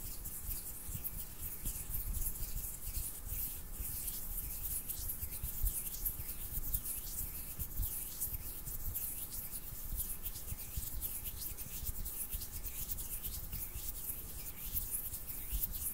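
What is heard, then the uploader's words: Hands rub together in a steady, quick rhythm, each stroke a soft dry swish with a bright, hissy top. The strokes repeat about twice a second without pause for the whole stretch, over a faint low rumble and no speech. ASMR HAND SOUNDS NO TALKING,INTENSE HAND SOUNDS ASMR NO TALKING. ASMR HAND MOVEMENTS.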